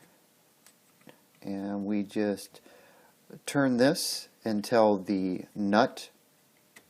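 A short Allen wrench turns the screw of a Magpul polymer light-mount V-block so its T-nut will rotate and lock into an M-Lok slot on a rifle handguard, while someone talks and faint ticks are heard at about 0.7, 1.1 and 6.8 seconds. Nothing has seated or clicked yet; the T-nut is not yet locked home when the clip ends.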